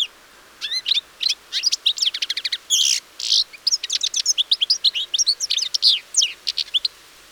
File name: Carduelis carduelis